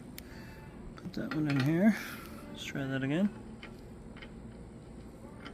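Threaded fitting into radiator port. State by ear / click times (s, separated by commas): not seated / none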